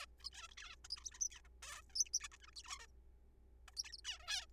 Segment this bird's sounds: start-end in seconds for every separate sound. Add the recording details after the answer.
0.01-0.05, 0.20-0.24, 0.25-0.29, 0.33-0.48, 0.49-0.51, 0.51-0.55, 0.58-0.75, 0.85-0.87, 0.91-1.03, 1.04-1.10, 1.12-1.20, 1.21-1.28, 1.31-1.40, 1.63-1.81, 1.90-2.04, 2.06-2.09, 2.14-2.19, 2.21-2.28, 2.32-2.36, 2.42-2.46, 2.48-2.51, 2.53-2.54, 2.56-2.62, 2.64-2.86, 3.68-3.71, 3.74-3.76, 3.77-3.83, 3.84-3.92, 3.93-3.97, 3.98-4.00, 4.05-4.18, 4.20-4.46. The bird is a juvenile. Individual R3428